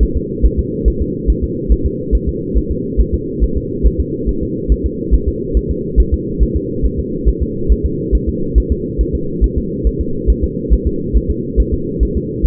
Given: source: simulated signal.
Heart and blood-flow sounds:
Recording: fetal heart sounds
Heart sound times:
0.03 s: S1
0.17 s: S2
0.45 s: S1
0.59 s: S2
0.88 s: S1
1.02 s: S2
1.30 s: S1
1.44 s: S2
1.72 s: S1
1.86 s: S2
2.15 s: S1
2.29 s: S2
2.58 s: S1
2.72 s: S2
3.01 s: S1
3.14 s: S2
3.44 s: S1
3.58 s: S2
3.86 s: S1
4.00 s: S2
4.29 s: S1
4.43 s: S2
4.72 s: S1
4.86 s: S2
5.14 s: S1
5.28 s: S2
5.57 s: S1
5.71 s: S2
6.00 s: S1
6.14 s: S2
6.43 s: S1
6.57 s: S2
6.86 s: S1
6.99 s: S2
7.29 s: S1
7.43 s: S2
7.72 s: S1
7.86 s: S2
8.15 s: S1
8.29 s: S2
8.58 s: S1
8.72 s: S2
9.01 s: S1
9.15 s: S2
9.44 s: S1
9.58 s: S2
9.87 s: S1
10.01 s: S2
10.30 s: S1
10.44 s: S2
10.73 s: S1
10.87 s: S2
11.17 s: S1
11.31 s: S2
11.60 s: S1
11.74 s: S2
12.03 s: S1
12.17 s: S2
12.46 s: S1
From the record:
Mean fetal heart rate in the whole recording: 140 bpm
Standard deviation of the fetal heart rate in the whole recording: 2 bpm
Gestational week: 34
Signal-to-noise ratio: -6.6 dB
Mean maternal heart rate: 72 bpm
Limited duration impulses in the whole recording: present

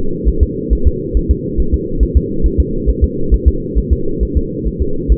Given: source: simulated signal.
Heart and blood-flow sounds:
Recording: fetal heart sounds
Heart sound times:
0.28 s: S1
0.43 s: S2
0.73 s: S1
0.87 s: S2
1.17 s: S1
1.31 s: S2
1.60 s: S1
1.74 s: S2
2.03 s: S1
2.17 s: S2
2.46 s: S1
2.60 s: S2
2.89 s: S1
3.04 s: S2
3.34 s: S1
3.48 s: S2
3.78 s: S1
3.93 s: S2
4.23 s: S1
4.37 s: S2
4.67 s: S1
4.82 s: S2
5.12 s: S1
From the record:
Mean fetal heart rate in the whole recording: 135 bpm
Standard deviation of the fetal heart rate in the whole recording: 3 bpm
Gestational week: 34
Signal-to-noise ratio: -8.1 dB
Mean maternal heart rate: 72 bpm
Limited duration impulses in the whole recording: absent

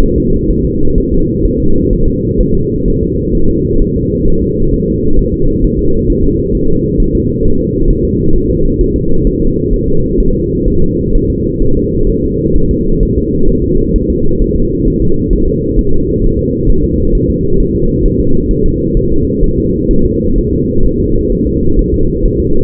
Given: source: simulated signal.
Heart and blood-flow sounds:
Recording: fetal heart sounds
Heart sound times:
0.03 s: S1
0.18 s: S2
0.51 s: S1
0.65 s: S2
0.98 s: S1
1.13 s: S2
1.45 s: S1
1.60 s: S2
1.93 s: S1
2.08 s: S2
2.41 s: S1
2.55 s: S2
2.88 s: S1
3.03 s: S2
3.35 s: S1
3.50 s: S2
3.82 s: S1
3.96 s: S2
4.28 s: S1
4.42 s: S2
4.74 s: S1
4.88 s: S2
5.19 s: S1
5.34 s: S2
5.64 s: S1
5.79 s: S2
6.10 s: S1
6.24 s: S2
6.55 s: S1
6.70 s: S2
7.00 s: S1
7.15 s: S2
7.45 s: S1
7.60 s: S2
7.91 s: S1
8.05 s: S2
8.36 s: S1
8.50 s: S2
8.81 s: S1
8.96 s: S2
9.27 s: S1
9.42 s: S2
9.73 s: S1
9.88 s: S2
10.20 s: S1
10.35 s: S2
10.68 s: S1
10.82 s: S2
11.15 s: S1
11.30 s: S2
11.62 s: S1
11.77 s: S2
12.10 s: S1
12.24 s: S2
12.56 s: S1
12.71 s: S2
13.03 s: S1
13.18 s: S2
13.49 s: S1
13.64 s: S2
13.96 s: S1
14.10 s: S2
14.42 s: S1
14.56 s: S2
14.88 s: S1
15.02 s: S2
15.33 s: S1
15.48 s: S2
15.79 s: S1
15.93 s: S2
16.24 s: S1
16.39 s: S2
16.70 s: S1
16.84 s: S2
17.15 s: S1
17.30 s: S2
17.60 s: S1
17.75 s: S2
18.06 s: S1
18.20 s: S2
18.51 s: S1
18.66 s: S2
18.97 s: S1
19.12 s: S2
19.44 s: S1
19.58 s: S2
19.91 s: S1
20.05 s: S2
20.38 s: S1
20.53 s: S2
20.86 s: S1
21.00 s: S2
21.32 s: S1
21.47 s: S2
21.79 s: S1
21.94 s: S2
22.26 s: S1
22.40 s: S2
From the record:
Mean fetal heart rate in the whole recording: 130 bpm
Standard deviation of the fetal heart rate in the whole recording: 4 bpm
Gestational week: 38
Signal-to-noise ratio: -17.7 dB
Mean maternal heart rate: 72 bpm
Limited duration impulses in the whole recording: present

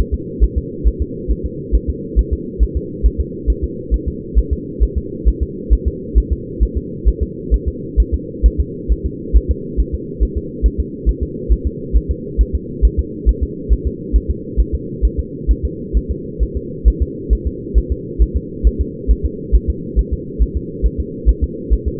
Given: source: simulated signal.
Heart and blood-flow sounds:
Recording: fetal heart sounds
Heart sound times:
0.14 s: S2
0.44 s: S1
0.58 s: S2
0.88 s: S1
1.02 s: S2
1.31 s: S1
1.46 s: S2
1.75 s: S1
1.90 s: S2
2.19 s: S1
2.33 s: S2
2.63 s: S1
2.77 s: S2
3.06 s: S1
3.21 s: S2
3.50 s: S1
3.64 s: S2
3.94 s: S1
4.08 s: S2
4.38 s: S1
4.53 s: S2
4.83 s: S1
4.98 s: S2
5.28 s: S1
5.43 s: S2
5.73 s: S1
5.88 s: S2
6.18 s: S1
6.33 s: S2
6.63 s: S1
6.77 s: S2
7.08 s: S1
7.23 s: S2
7.54 s: S1
7.68 s: S2
8.00 s: S1
8.14 s: S2
8.46 s: S1
8.60 s: S2
8.92 s: S1
9.06 s: S2
9.36 s: S1
9.51 s: S2
9.80 s: S1
9.94 s: S2
10.23 s: S1
10.37 s: S2
10.66 s: S1
10.80 s: S2
11.09 s: S1
11.23 s: S2
11.52 s: S1
11.67 s: S2
11.96 s: S1
12.11 s: S2
12.41 s: S1
12.55 s: S2
12.85 s: S1
12.99 s: S2
13.29 s: S1
13.43 s: S2
13.73 s: S1
13.87 s: S2
14.16 s: S1
14.30 s: S2
14.60 s: S1
14.75 s: S2
15.05 s: S1
15.19 s: S2
15.51 s: S1
15.65 s: S2
15.97 s: S1
16.11 s: S2
16.43 s: S1
16.57 s: S2
16.88 s: S1
17.02 s: S2
17.33 s: S1
17.47 s: S2
17.78 s: S1
17.92 s: S2
18.22 s: S1
18.37 s: S2
18.67 s: S1
18.81 s: S2
19.11 s: S1
19.25 s: S2
19.55 s: S1
19.70 s: S2
19.99 s: S1
20.13 s: S2
20.42 s: S1
20.57 s: S2
20.86 s: S1
21.00 s: S2
21.29 s: S1
21.44 s: S2
21.73 s: S1
21.88 s: S2
From the record:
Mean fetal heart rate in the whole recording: 135 bpm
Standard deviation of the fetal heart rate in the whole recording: 3 bpm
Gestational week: 34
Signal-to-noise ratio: -4.1 dB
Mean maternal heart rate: no maternal heart sound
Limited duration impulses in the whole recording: absent

